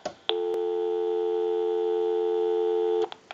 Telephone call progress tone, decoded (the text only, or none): dial tone